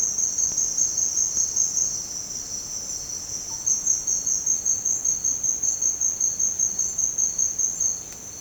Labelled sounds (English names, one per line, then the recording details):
none
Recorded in secondary vegetation near Puerto Asís, Putumayo, Colombia, on 24 March 2025 at 08:30
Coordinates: 0.485, -76.322
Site G040